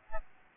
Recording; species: mosquito wingbeat signal from an infrared sensor; Aedes albopictus